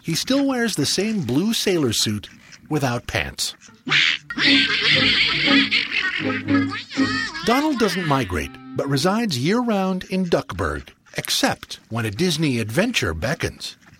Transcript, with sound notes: he still wears the same blue sailor’s suit, without pants. [laughing] Donald doesn’t migrate, but resides year round in Duckburg – except when a Disney adventure beckons.